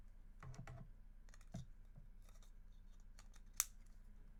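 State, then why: Seated. A plastic handle accessory is fitted onto a DJI Pocket 3 pocket gimbal camera, with soft handling and rustling sounds in the first few seconds. A single sharp, loud click at 3.6 s shows the handle has seated onto the gimbal.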